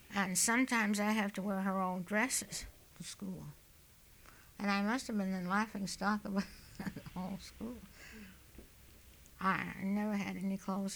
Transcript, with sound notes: And sometimes I'd have to wear her old dresses to school. And I must have been the laughing stock of the whole school. (she laughs) I never had any clothes.